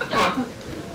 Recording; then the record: coughing mixed with background sound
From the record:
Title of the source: Barking cough - # 10